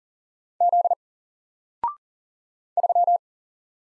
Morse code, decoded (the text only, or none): Z 3